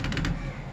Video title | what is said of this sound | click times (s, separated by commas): How to clean washing machine -- simplest way to clean washing machine -- #tricks #cleaning #short | టైట్గా బిగించుకోవాలి. అంతేనండి, tick అని sound వచ్చింది. | 0.2 s